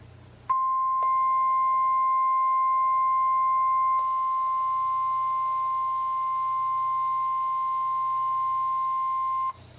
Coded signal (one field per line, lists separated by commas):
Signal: Emergency Alert System (SAME) tones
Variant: 1050 Hz attention tone